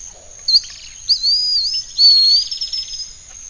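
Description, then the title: Bird song with thin whistled phrases that swoop up and down, then a fast trilled run, over a steady high whine. "LuckyPassaro Completos2Sama"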